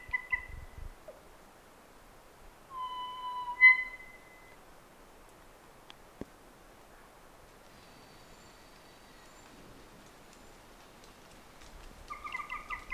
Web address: sound kōkako